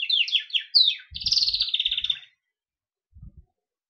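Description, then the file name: Gloster canary song: quick descending chirps, then a fast buzzy trill lasting over a second, ending abruptly with a short pause. "canary gloster sings"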